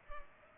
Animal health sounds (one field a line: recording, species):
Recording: mosquito wingbeat signal from an infrared sensor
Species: Culex pipiens